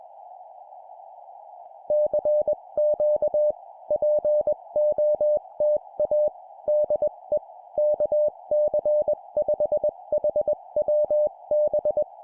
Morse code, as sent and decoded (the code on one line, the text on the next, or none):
-.-. --.- / .--. --- - .- / -.. . / -.- -.-. ..... .... .-- -...
CQ POTA DE KC5HWB